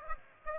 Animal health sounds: mosquito wingbeat signal from an infrared sensor; Aedes aegypti

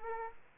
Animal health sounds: mosquito wingbeat signal from an infrared sensor; Aedes aegypti

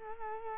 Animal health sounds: mosquito wingbeat signal from an infrared sensor; Culex quinquefasciatus

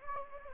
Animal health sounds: mosquito wingbeat signal from an infrared sensor; Anopheles gambiae

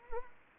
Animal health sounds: mosquito wingbeat signal from an infrared sensor; Anopheles arabiensis

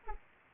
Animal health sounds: mosquito wingbeat signal from an infrared sensor; Anopheles arabiensis

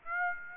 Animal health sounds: mosquito wingbeat signal from an infrared sensor; Aedes aegypti

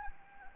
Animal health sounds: mosquito wingbeat signal from an infrared sensor; Anopheles gambiae

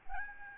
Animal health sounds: mosquito wingbeat signal from an infrared sensor; Aedes albopictus

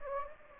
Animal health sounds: mosquito wingbeat signal from an infrared sensor; Anopheles gambiae

